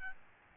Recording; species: mosquito wingbeat signal from an infrared sensor; Aedes albopictus